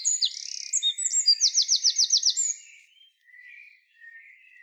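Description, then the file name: Eurasian wren song: a fast, high, tumbling phrase of sharp notes and a rapid trill, ending after about two and a half seconds, then faint twittering. "Troglodytes troglodytes"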